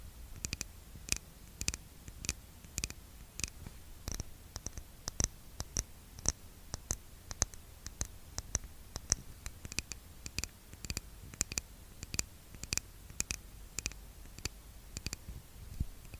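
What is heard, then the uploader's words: Fingers tap on a skincare product container in a quick, fairly regular series of sharp clicks, roughly two or three per second across the whole stretch. Each tap is brief and crisp, over a soft, steady hiss with faint rustling between them. Skincare product tapping. Blue yeti microphone.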